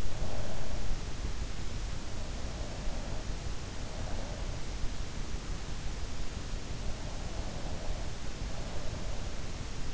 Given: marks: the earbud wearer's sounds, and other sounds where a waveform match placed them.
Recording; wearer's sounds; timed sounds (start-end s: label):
sounds in sleep by an in-ear microphone; breath
0.00-1.35 s: breath